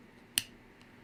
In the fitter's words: could hear that click it's really really secure it's not gonna go anywhere